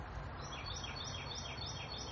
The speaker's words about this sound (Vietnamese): Và khi ra cái không gian có những cái cảnh nó êm đềm, nghe tiếng chim tĩnh lặng như thế này thì lòng mình nó cũng thanh thoát, mà người nghe lắm khi nó cũng có một chút niềm an vui và cái nhìn cũng thấy thoải mái, phải không nè.